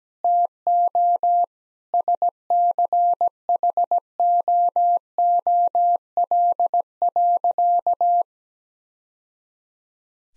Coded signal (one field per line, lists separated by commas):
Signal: Morse code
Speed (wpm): 17 wpm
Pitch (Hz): 700 Hz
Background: none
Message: TO SCHOOL.